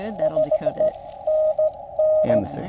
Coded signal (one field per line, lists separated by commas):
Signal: Morse code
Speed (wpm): 15 wpm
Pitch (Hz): 620 Hz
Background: speech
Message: SE NN